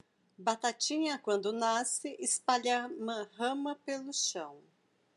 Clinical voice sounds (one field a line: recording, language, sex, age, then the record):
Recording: short text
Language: Brazilian Portuguese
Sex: female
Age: 40 to 49 years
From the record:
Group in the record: control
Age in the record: 45 years